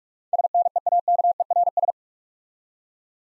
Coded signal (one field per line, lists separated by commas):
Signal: Morse code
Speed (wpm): 44 wpm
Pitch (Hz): 700 Hz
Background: none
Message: SNEAKERS